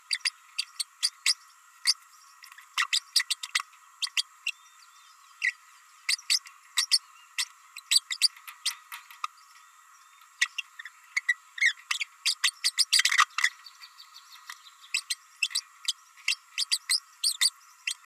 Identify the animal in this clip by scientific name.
Forpus passerinus